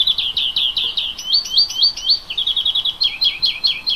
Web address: oeko wald-1 vogel maerz vogel m 3 10 heimisch